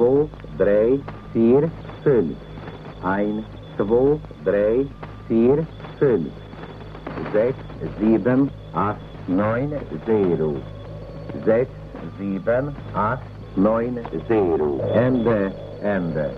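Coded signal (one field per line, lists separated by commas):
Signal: numbers station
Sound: a voice reading short, evenly spaced words over a radio channel, with a faint steady tone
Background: radio static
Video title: German Democratic Republic - "Tyrolean Music" Numbers station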